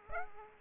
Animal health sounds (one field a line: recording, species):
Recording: mosquito wingbeat signal from an infrared sensor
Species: Aedes aegypti